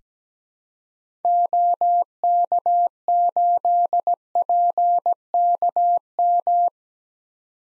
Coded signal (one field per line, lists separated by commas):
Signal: Morse code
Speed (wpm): 17 wpm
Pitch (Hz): 700 Hz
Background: none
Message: OK8PKM